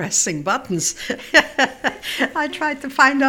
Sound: she laughs

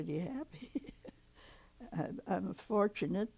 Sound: chuckles

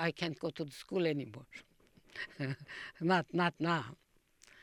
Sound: she laughs

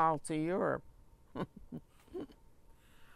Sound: laughs

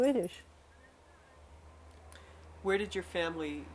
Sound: construction vehicles can be heard in the background

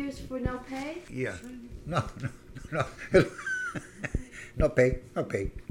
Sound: he laughs

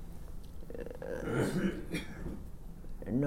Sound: a cough is heard in the background on the tape

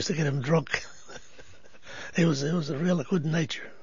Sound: he laughs

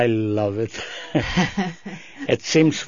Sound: they laugh

